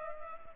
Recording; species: mosquito wingbeat signal from an infrared sensor; Culex pipiens